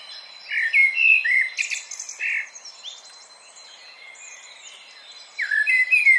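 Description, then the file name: Common blackbird singing mellow fluted phrases followed by thin high twitters, a pause, then a new phrase beginning near the end. "Turdus merula"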